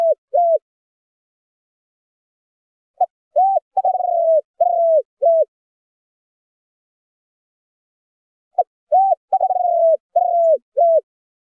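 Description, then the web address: Spotted dove giving repeated coo phrases, short notes around a rolling, burred middle coo, three series spaced a few seconds apart, otherwise silent. Spotted dove calling to its flock in the song style called 'giọng chuông thổ đồng'. "Tieng chim Cu gay giong chuong tho dong. tieng chim cu gay giong tho chuong dong goi bay"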